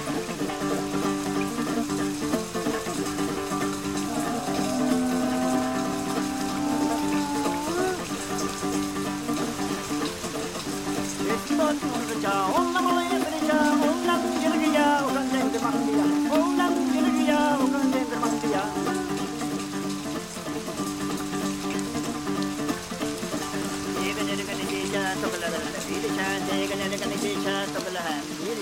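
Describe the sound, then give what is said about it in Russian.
Steady, hissing rain patters outside a yurt's window throughout, a constant crackly wash under a plucked dombra and a man's melodic singing that rises and wavers over the top. “За окном идет долгожданный дождь.”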